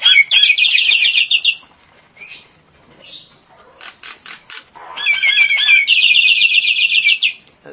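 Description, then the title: Nias hill myna song: a rapid metallic rattle, a pause with scattered squeaks and clicks, then another chattering burst and a second fast ringing series. "Jalak Nias"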